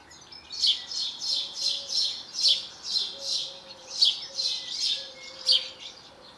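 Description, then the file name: House sparrow giving a steady string of scratchy chirps, roughly two each second, evenly paced throughout. "Passer domesticus"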